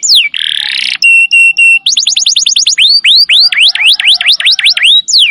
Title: Canto Para Esquentar Canário Belga. Suara Kenari Nembak Panjang. Cocok buat pancingan kenari muda